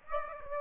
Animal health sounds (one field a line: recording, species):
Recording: mosquito wingbeat signal from an infrared sensor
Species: Aedes aegypti